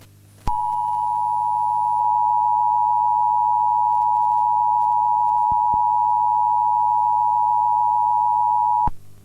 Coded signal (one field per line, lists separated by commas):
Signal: Emergency Alert System (SAME) tones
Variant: 853 and 960 Hz attention tone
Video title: Emergency Alert System U.S - Unidentified creature spotted EAS 2001